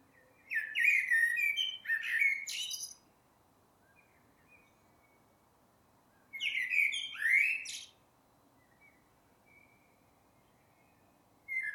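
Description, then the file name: Common blackbird song in two clear phrases about six seconds apart, each a rich whistled warble topped by thin high squeaks, with quiet gaps between and the start of a third phrase at the end. "Turdus merula"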